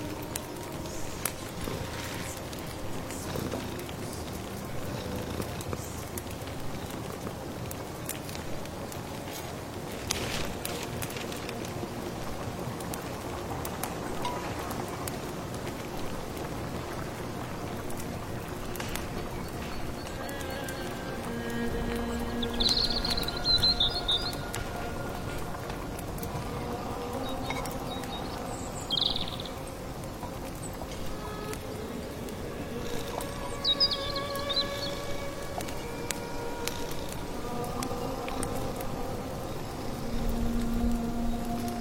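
Soft rain patters steadily while a thin tonal hum drifts beneath; after twenty seconds, brief bright bird chirps appear several times over crackling.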